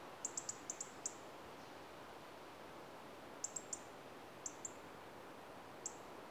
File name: Erithacus rubecula - European Robin